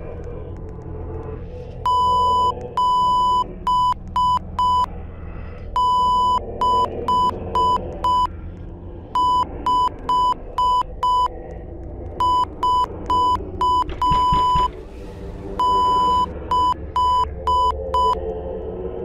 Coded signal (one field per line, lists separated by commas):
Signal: Morse code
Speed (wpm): 5 wpm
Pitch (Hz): 1000 Hz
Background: none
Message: 76546